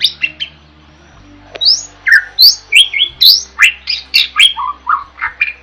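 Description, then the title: Bird gives a few chirps, then after a quiet gap bursts into a series of loud rising and falling chirps, about three a second, over a soft hum. Masteran recording made for training songbirds. "Master Burung Jos"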